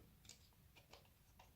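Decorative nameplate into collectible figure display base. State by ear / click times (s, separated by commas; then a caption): not seated / none. A small grey Star Wars decorative nameplate for the Anakin Skywalker Hot Toys MMS 437 figure is handled against its plastic display base to be clipped on. Short, light plastic ticks are heard at about 0.3, 0.9 and 1.4 seconds over a quiet background. The plate has not seated or clicked into place yet.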